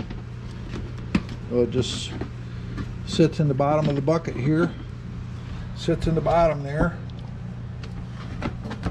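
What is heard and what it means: A lid is being handled over a coolant bucket that holds a submersible pump sitting in the bottom, while someone talks over a steady low hum. A few short, sharp knocks are heard, the loudest at 1.2 s. The lid has not snapped into place yet.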